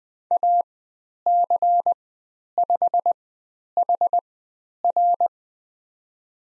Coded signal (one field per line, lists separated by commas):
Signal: Morse code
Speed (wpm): 20 wpm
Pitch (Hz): 700 Hz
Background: none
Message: AC5HR